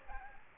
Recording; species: mosquito wingbeat signal from an infrared sensor; Aedes aegypti